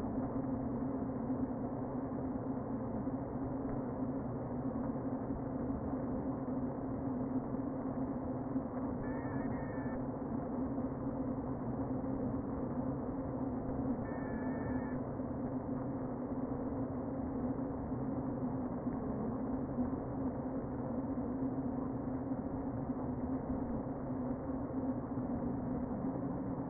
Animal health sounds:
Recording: honeybee colony, microphone inside the hive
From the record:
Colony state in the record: queen present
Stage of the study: before two queens were removed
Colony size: about 60,000 bees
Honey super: yes

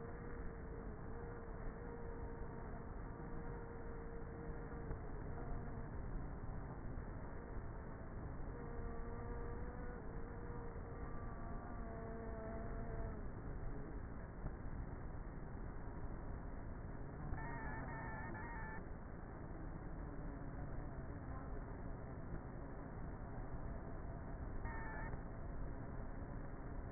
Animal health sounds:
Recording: honeybee colony, microphone inside the hive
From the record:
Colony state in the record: queenless with a low population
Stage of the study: before two queens were removed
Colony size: about 30,000 bees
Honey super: no

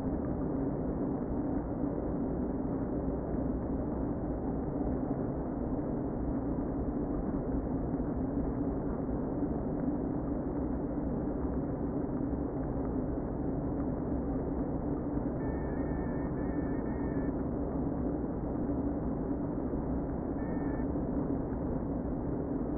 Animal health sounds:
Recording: honeybee colony, microphone inside the hive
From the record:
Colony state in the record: queen present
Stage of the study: before two queens were removed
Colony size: about 60,000 bees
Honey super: yes

